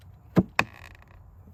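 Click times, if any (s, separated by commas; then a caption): 0.6 s. The plastic locking piece of a Greenworks mower's high-lift blade adapter is pushed with a little shove onto the mower's two tangs on the blade hub. A dull, low thump at about 0.4 s is followed by a sharp, loud click at 0.6 s with a few faint ticks after it. The adapter clicks in and is seated.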